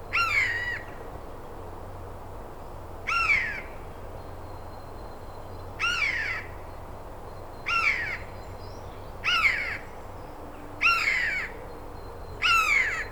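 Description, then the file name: Eurasian jay calling with hoarse, grating screeches, seven in a row roughly every one and a half to three seconds, over faint background noise. "Garrulus glandarius"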